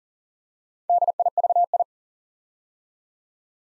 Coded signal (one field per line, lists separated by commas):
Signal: Morse code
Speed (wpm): 39 wpm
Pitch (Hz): 700 Hz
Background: none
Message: DIVI